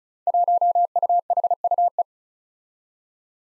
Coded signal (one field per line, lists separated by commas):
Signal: Morse code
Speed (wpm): 36 wpm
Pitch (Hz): 700 Hz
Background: none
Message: 1UHUE